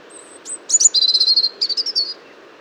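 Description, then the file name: European robin song phrase opening with a drawn-out very high thin note, then tumbling trills and sweet warbles, set against constant low background noise. "Erithacus rubecula"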